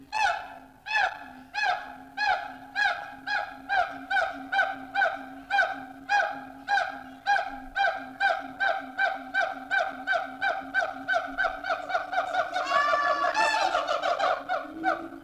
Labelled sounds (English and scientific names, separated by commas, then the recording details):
Siamang (Symphalangus syndactylus)
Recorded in captivity
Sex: diverse
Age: diverse
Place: Zoo Dresden, Sachsen, DE
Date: 1986-09-10 13:30
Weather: sonnig, 18°C
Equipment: Nagra SN, Kopie Uher 4000 Report Monitor
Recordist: Tembrock, Günter